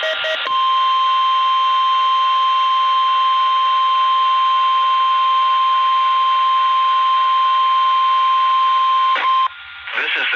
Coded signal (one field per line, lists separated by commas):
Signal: Emergency Alert System (SAME) tones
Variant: 1050 Hz attention tone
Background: speech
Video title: TFT EAS 911: NOAA Weather Radio RWT Relay (1/8/20)(EAS #246)